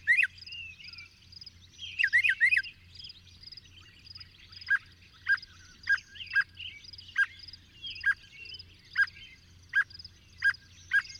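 Bird song: a few loud rising whistles early, then a clear downslurred note repeated at short intervals over high twittering and a low hum.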